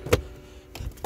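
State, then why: Seated. A plastic center console trim panel on a 2016 Dodge Dart is worked into place in the center console, and its retaining clips snap in with sharp clicks at 0.1, 0.8 and 1.1 seconds. The panel ends up seated, with everything snapped back into place.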